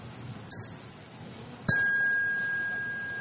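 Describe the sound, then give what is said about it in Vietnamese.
A mindfulness bell is rung as the signal to massage the legs: first a soft preparatory tap, then one full, clear strike whose bright, high tones ring on and slowly fade. No one speaks. “Tiếng chuông đó là để chúng ta xoa bóp hai chân, vừa xoa bóp vừa thở và mỉm cười, xoa bóp cho nó hết lưu thông.”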